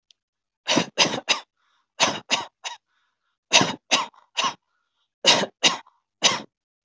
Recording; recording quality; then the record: shallow voluntary cough; excellent, no background noise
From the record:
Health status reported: healthy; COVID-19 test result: not tested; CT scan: not taken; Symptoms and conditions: none ticked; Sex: male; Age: 22 years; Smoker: no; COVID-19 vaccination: none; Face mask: not worn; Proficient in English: yes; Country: India